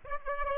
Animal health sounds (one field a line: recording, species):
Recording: mosquito wingbeat signal from an infrared sensor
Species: Aedes aegypti